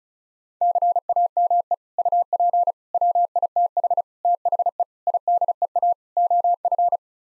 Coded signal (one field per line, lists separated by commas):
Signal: Morse code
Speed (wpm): 34 wpm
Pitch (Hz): 700 Hz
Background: none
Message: CAME UP WITH THE IDEA OF